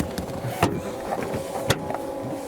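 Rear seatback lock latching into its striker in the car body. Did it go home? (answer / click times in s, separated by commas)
yes / 0.6 s, 1.7 s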